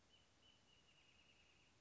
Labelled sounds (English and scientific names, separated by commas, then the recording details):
Wrentit (Chamaea fasciata)
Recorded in Sonoma County, California